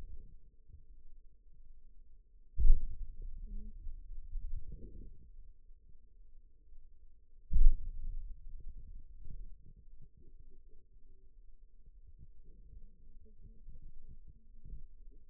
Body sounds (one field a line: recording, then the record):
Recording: forearm muscle sounds (acoustic myography)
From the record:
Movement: hand opening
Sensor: system 2, bracelet of six BSWA MPA416 microphones around the upper forearm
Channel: 4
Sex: male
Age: 22 years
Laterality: right